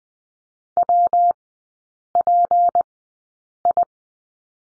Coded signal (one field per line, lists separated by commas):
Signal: Morse code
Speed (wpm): 20 wpm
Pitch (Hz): 700 Hz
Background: none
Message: WPI